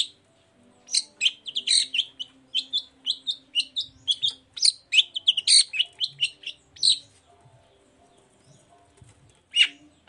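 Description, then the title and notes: Long-tailed shrike song: sharp, harsh chips and squeaky notes in an uneven burst lasting about six seconds, then a pause and a final note. Cendet singing in the morning in a varied 'toet toet' style, used as a lure to provoke other shrikes into answering and singing along. "Langsung NYAUTTTTT ! Cendet Gacor Dor Di Kala Pagi Toet Toet Variasi Suara. Pancingan Emosi Cendet Gacor Full Variasi Toet Toet Bikin Nyaut Cendet Lain Langsung Ikutan Bunyi. Burung cendet"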